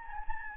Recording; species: mosquito wingbeat signal from an infrared sensor; Anopheles gambiae